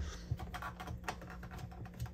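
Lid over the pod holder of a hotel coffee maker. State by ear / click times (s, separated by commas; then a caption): not seated / none. A hand handles the plastic lid over the pod holder of a Coffee Pro hotel coffee maker after the pod cup has been repositioned, making a run of light, dry tapping and rattling handling sounds. The clip ends before the lid locks closed, so nothing has seated or clicked yet.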